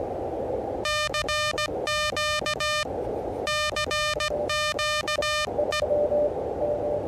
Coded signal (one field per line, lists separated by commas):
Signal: Morse code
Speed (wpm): 17 wpm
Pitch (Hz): 1210 Hz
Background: music, radio noise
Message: CQ CQE